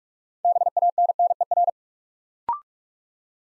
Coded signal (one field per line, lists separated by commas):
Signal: Morse code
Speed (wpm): 44 wpm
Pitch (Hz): 700 Hz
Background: none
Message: BANNER